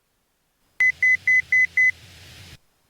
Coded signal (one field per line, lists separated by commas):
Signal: none